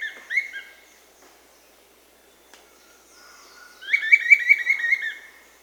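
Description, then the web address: Bright-rumped attila song: a few short whistled notes early, then after a pause a rapid series of rolling whistled notes. Amazon, Peru. "Birds of the Amazon 3. Bright-rumped Attila (Attila spadiceus), Peru"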